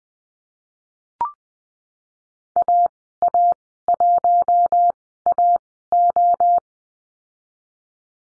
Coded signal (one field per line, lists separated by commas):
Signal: Morse code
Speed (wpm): 19 wpm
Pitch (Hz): 700 Hz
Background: none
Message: AA1AO